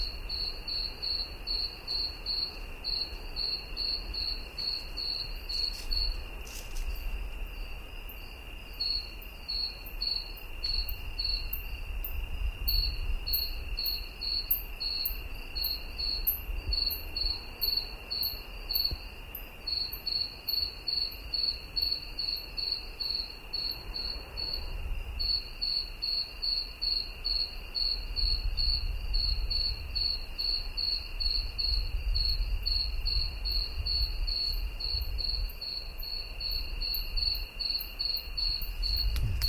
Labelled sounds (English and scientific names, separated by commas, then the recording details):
Two-spotted Cricket (Gryllus bimaculatus) stridulation
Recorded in the wild
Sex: male
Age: imago
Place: Chania, Insel Kreta, GR
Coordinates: 35.5164, 24.0189
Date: 1996-10-12 21:00
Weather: 17°C, cloudy
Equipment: Sony MD-WM MZ-R3, Sennheiser MKH 416 T, Kopie Uher 4000 Report Monitor
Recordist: Tembrock, Günter